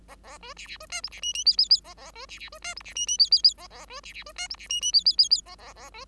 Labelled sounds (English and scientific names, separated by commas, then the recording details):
Bengalese Finch (Lonchura striata domestica) song
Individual Bird5